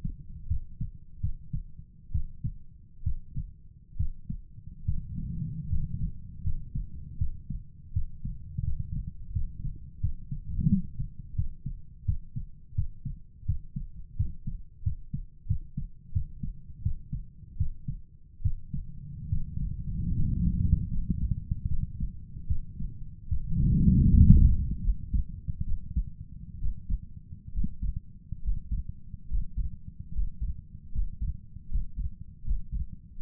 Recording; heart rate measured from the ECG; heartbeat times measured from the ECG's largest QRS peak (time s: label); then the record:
heart sounds by stethoscope; 77 bpm
0.48 s: heartbeat
1.21 s: heartbeat
2.12 s: heartbeat
3.03 s: heartbeat
3.97 s: heartbeat
4.85 s: heartbeat
5.69 s: heartbeat
6.43 s: heartbeat
7.18 s: heartbeat
7.93 s: heartbeat
8.64 s: heartbeat
9.33 s: heartbeat
10.01 s: heartbeat
10.69 s: heartbeat
11.35 s: heartbeat
12.05 s: heartbeat
12.75 s: heartbeat
13.46 s: heartbeat
14.16 s: heartbeat
14.83 s: heartbeat
15.47 s: heartbeat
16.13 s: heartbeat
16.82 s: heartbeat
17.57 s: heartbeat
18.42 s: heartbeat
19.29 s: heartbeat
20.14 s: heartbeat
20.90 s: heartbeat
21.68 s: heartbeat
22.47 s: heartbeat
23.28 s: heartbeat
24.08 s: heartbeat
24.81 s: heartbeat
25.64 s: heartbeat
26.59 s: heartbeat
27.53 s: heartbeat
28.42 s: heartbeat
29.28 s: heartbeat
30.12 s: heartbeat
30.92 s: heartbeat
31.68 s: heartbeat
32.44 s: heartbeat
33.18 s: heartbeat
From the record:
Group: healthy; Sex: male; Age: 35 years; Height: 178 cm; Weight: 64 kg